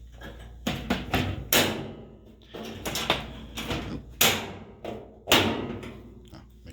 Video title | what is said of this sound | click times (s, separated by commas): Roper Washing Machine Motor Coupling Repair; THE SPINDLE WORKS AGAIN! | push them back in make sure it clicks all the way in | 1.5 s, 4.2 s